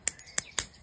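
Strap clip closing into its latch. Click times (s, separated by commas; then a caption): 0.1 s. A plastic clip on a strap is pressed closed into its latch and snaps shut, seating with a sharp click at 0.1 s. Two more equally sharp, bright clicks follow at 0.4 s and 0.6 s, with a faint tick around 0.2 s in between.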